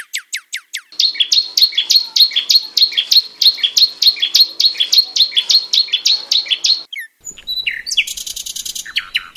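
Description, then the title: Bird singing: quick sweeping notes give way to a sustained stretch of buzzy, rhythmically repeated phrases, ending with scratchy trills and further sweeping notes. "SuaraBurung Kicau"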